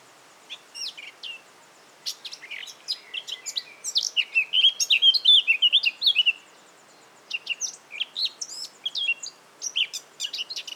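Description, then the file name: Eurasian blackcap song: scattered scratchy notes build into a rapid chattering warble and a loud fluty whistled ending, then more twittering notes after a short pause. "Sylvia atricapilla"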